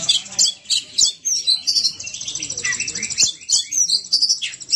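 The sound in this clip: Oriental magpie-robin giving a dense, high jumble of twittering chirps and short buzzy phrases, with downward whistled slurs near the end.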